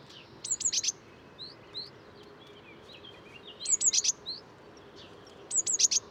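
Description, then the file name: Eurasian blue tit giving quick high trills of clipped notes, three bursts in six seconds, softer rising tweets mixed in over a noisy background. "Cyanistes caeruleus"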